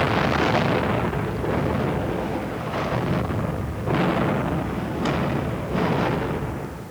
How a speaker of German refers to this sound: In diesem Augenblick ereignet sich die erste einer Reihe von Explosionen in den leckgesprungenen Öltanks der Urchiola.